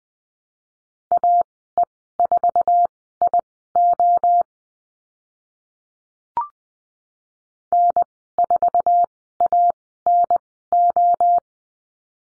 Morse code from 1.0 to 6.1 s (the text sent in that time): AE4IO